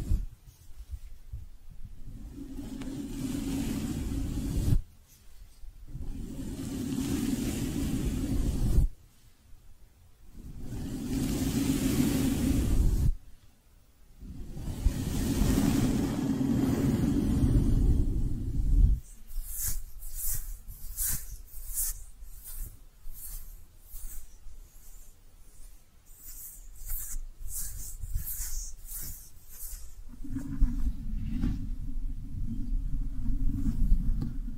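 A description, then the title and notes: Soft brushing comes in long, even sweeps lasting a few seconds each, with short quiet gaps between them, low and full with a hiss on top. Around twenty seconds it changes to quick, light taps and squishy flicks, then the steady brushing returns near the end. ASMR Your Brain is Fluffy Like Cloud Cozy Brushing, Squishy Triggers for Sleep (No Talking).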